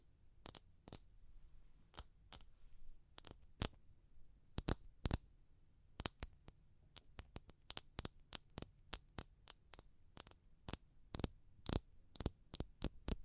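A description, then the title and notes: Sharp, crisp tapping strikes, each a brief bright click, arrive at an uneven pace: sparse and slow at first, then faster and denser in clusters from about six seconds on. A soft low rumble sits steadily underneath. ASMR Pure Tapping Fast and Slow (No Talking).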